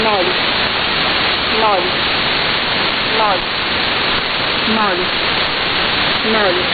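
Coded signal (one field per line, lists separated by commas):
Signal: numbers station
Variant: S06s Russian Lady, Russian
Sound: heavy static with faint, evenly spaced short spoken words, about five in the clip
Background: radio static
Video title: 25 06 2019 S06s Russian Lady numbers station in Russian to Eu 0730 on 7365 unknown tx site USB+AM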